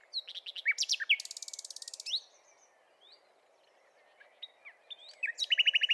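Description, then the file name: Common nightingale song: loud chips and a dense, fast rattle, a quiet gap with faint chirps, then a rapid, even trill of repeated notes. "Luscinia megarhynchos"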